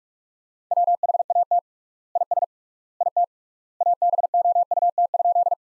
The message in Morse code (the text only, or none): WHAT IS IT ABOUT?